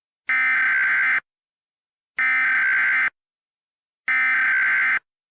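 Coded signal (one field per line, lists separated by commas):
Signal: Emergency Alert System (SAME) tones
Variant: header bursts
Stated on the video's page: Fictional EAS scenario with valid SAME tones, simulated alert about an Elmo rampage across the U.S.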